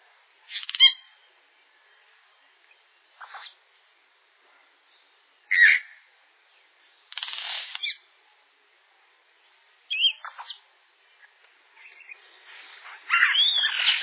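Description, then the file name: Yellow-rumped cacique giving separate song phrases a few seconds apart: sharp chacks, a short rasping burst and whistled notes, ending in a louder, tangled mix of calls. "japiim"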